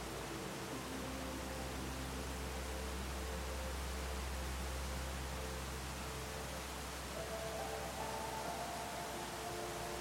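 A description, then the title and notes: A waterfall roars in a steady, dense rush that fills everything from deep rumble to bright hiss, unchanging for the whole stretch. Faint, soft sustained music tones drift underneath, slowly shifting pitch, with a low hum beneath the water. Soft Sound of a WATERFALL and Soothing MUSIC. The crystalline sound and flow of water.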